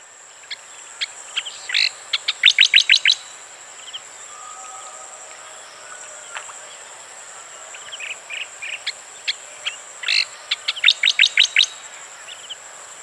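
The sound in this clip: Striated grassbird song: two bursts of sharp notes quickening into a fast, even series of high ticks, with quieter scattered notes between them and a steady high whine behind.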